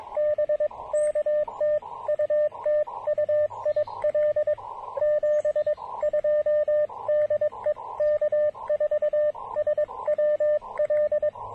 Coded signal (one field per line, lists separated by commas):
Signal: Morse code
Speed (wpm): 21 wpm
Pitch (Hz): 590 Hz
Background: radio noise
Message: BK TU TU IL 72 DE K4SWL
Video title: Super Low Power POTA, Rough Propagation, and Testing my new Begali Adventure Paddle!